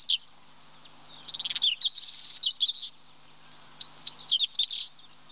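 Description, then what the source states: Whinchat song: rapid high chattering phrases of buzzy trills and sharp chips, in a few bursts separated by pauses. Sings tirelessly from the top of a thistle.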